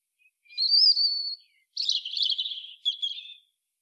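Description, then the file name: European robin song: a long clear high whistle, then a crackling jumbled warble and a short closing twitter. "Erithacus rubecula"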